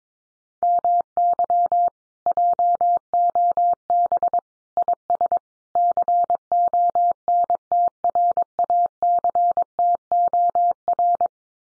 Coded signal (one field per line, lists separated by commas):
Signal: Morse code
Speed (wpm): 22 wpm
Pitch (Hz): 700 Hz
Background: none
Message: MY JOB IS CONTRACTOR